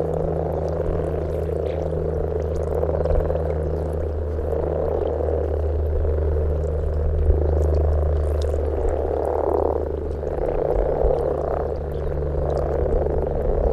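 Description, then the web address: Common frogs in a dense chorus of low, purring grumbles that overlap without pause, over a steady low hum. Recorded in May 2021. "parc ela 2021-05 grasfrosch"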